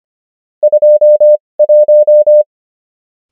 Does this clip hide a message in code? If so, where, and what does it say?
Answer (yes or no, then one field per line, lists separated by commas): yes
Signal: Morse code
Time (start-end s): 0.6-2.4 s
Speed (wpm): 25 wpm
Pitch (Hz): 600 Hz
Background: none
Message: 21